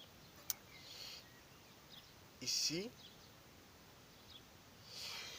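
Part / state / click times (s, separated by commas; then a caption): wiring connector and locking lever into engine control unit / seated / 0.5 s. While refitting the engine control unit on a 1996 Twingo 1, the locking lever is put back on the electrical wiring connector, giving one sharp click at 0.5 s as the connector locks home and is seated. Someone talks briefly, and quieter handling rustles are heard.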